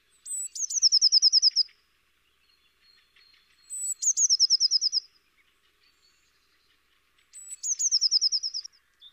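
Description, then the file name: Eurasian blue tit giving three trilled phrases, each a thin high opening note followed by a quick run of about ten slurred, slightly falling notes, repeated every three to four seconds. "Cyanistes caeruleus"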